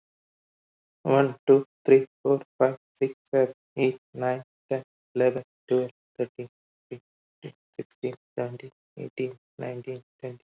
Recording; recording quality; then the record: counting at a normal pace; excellent, no background noise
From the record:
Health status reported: recovered from COVID-19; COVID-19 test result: positive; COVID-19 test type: RT-PCR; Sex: male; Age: 41 years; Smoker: no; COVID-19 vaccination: both doses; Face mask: worn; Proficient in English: yes